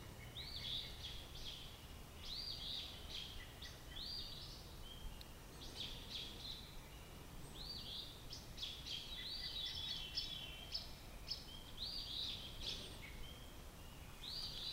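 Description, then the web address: Robin song, repeated short whistled and trilled phrases every second or so, steady throughout, over faint background hiss. "Sounds of Nature Robins"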